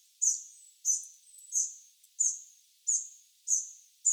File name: Troglodytes troglodytes